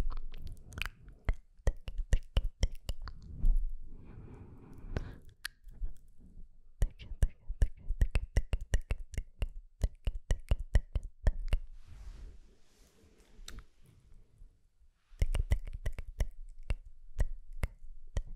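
Rapid "sk" and "tk" mouth clicks come in quick, fairly regular runs of sharp, crisp taps. Breathy hissing swells around 4 seconds and again from 12 to 14 seconds, when the clicking thins out. After a brief lull near 15 seconds, dense clicking returns.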